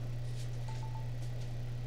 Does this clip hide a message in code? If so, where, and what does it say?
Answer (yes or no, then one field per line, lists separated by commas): no